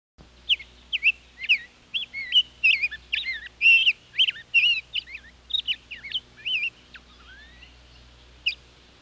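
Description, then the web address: Rose-breasted grosbeak song, a long run of sweet, rich whistled phrases rising and falling quickly, continuing for about six seconds, then a short closing note. "101 Bird Songs. Rose Breasted Grosbeak"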